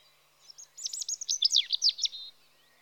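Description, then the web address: European robin song, one rapid phrase of high tinkling notes and quick downslurred twitters lasting under two seconds. Spring. "BBC Sound Effects Library (Birds) Robin (Erithacus Rubecula) Spring"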